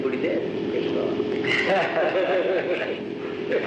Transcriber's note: laughter